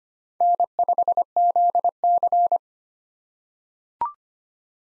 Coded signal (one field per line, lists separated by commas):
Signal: Morse code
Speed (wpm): 25 wpm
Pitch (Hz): 700 Hz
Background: none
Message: N5ZC